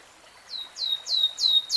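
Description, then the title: Nightingale song: a run of five descending slurred notes in quick succession, growing louder. Nightingale singing in real time. "[Tiếng chim hót] Nightingale Singing"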